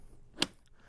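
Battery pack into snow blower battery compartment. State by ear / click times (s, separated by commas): seated / 0.4 s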